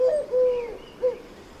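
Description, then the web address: Bird call: three low hooting notes, a short one, a longer drawn-out one, then a brief final note. "Deverinetal 2025 File origin Bird Only"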